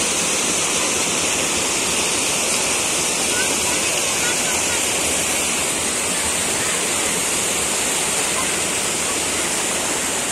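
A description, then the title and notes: A waterfall roars steadily for the whole clip, a dense, unbroken rush of falling water with a bright hiss on top and a soft low rumble underneath. The sound stays constant, with no distinct events breaking through. Cibodas Waterfall Tourism Indonesia.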